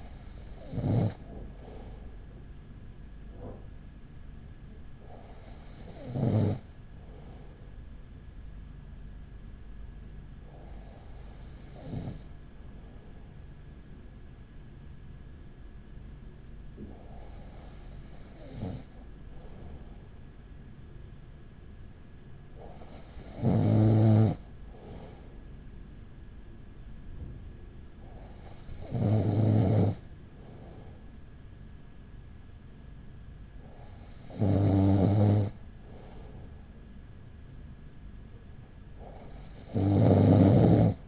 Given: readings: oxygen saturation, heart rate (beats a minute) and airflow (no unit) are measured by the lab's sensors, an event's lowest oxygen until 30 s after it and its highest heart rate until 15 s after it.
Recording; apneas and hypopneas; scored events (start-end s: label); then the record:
breathing in sleep by a smartphone at the bedside; none
none scored
From the record:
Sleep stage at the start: N2 (light sleep); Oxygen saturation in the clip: 95 to 96%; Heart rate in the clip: 37 to 41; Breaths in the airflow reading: 7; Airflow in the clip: -5.2 to 4.5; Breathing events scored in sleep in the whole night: 207 in 7.6 hours asleep